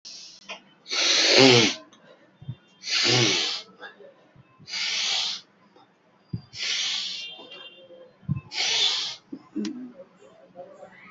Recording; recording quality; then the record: deep breathing; excellent, no background noise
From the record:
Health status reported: healthy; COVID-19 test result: not tested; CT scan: not taken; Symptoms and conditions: none ticked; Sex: male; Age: 39 years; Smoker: no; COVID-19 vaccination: none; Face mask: not worn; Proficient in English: yes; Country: India